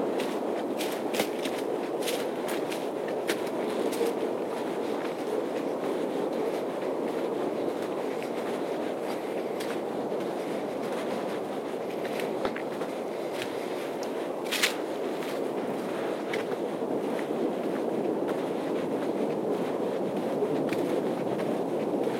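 A night hike on the Appleton Trail, carried by a steady, dense rushing roar that stays even for the whole clip. Sharp crunchy clicks, like footsteps on the path, come thickly in the first few seconds and then more sparsely, with a louder one near fifteen seconds.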